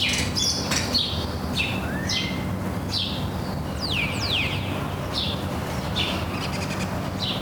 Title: Les Jardins de Carthage - Sidi Daoud, Tunis, Tunisie - Morning birds